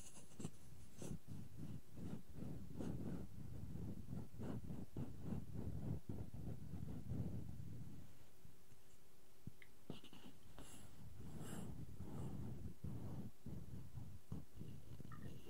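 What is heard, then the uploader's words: Wooden objects tap and scratch in a dense, uneven stream, with quick knocks every fraction of a second over a low rubbing scrape. Around eight to ten seconds the tapping thins out and a faint steady tone hangs briefly before brighter clicks and scratches resume. ASMR No Talking Wooden Objects Tapping and Scratching ( Cork, Bowl, Lid, Block).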